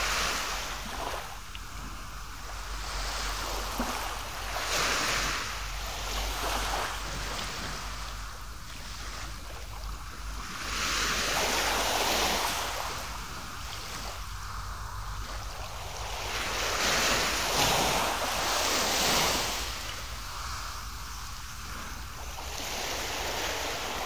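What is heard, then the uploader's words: Ocean waves roll in and wash out in a steady rhythm, each surge swelling into a bright, hissing rush every few seconds before easing back. A low, constant rumble sits underneath, and a light wind-like hiss fills the gaps between breakers. The sound of ocean waves.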